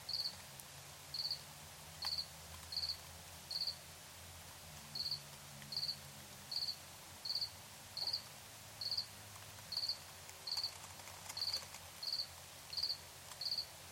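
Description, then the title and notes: Cricket giving short, high, pulsed chirps at a fairly steady pace, with one longer pause, over faint low hum and hiss. Recorded in Tiny, Ontario, by Anton Pickard. "Crickets and coyotes. Recorded in Tiny, Ontario by Anton Pickard"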